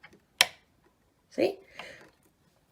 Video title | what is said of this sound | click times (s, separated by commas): Tips, Tricks and How To's Episode 10: The Starfrit Chop and Dice | If I lift it, if I push it down, it's going to go click again. Listen. | 0.4 s